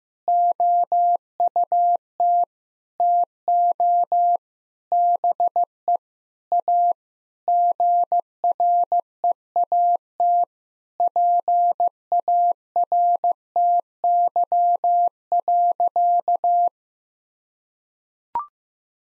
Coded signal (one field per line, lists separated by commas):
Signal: Morse code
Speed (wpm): 14 wpm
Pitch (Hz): 700 Hz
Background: none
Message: OUT TO BE A GREAT PARTY.